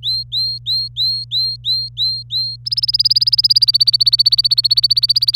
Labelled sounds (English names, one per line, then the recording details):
Domestic Canary song
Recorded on 25 April 2018 at 16:15
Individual llb3